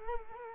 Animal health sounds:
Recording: mosquito wingbeat signal from an infrared sensor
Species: Culex quinquefasciatus

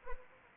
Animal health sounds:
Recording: mosquito wingbeat signal from an infrared sensor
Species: Anopheles arabiensis

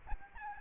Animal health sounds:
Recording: mosquito wingbeat signal from an infrared sensor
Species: Aedes albopictus

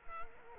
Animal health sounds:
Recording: mosquito wingbeat signal from an infrared sensor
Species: Culex quinquefasciatus

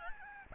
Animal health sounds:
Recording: mosquito wingbeat signal from an infrared sensor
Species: Aedes albopictus

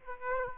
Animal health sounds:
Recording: mosquito wingbeat signal from an infrared sensor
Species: Aedes aegypti

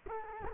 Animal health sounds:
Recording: mosquito wingbeat signal from an infrared sensor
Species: Culex quinquefasciatus

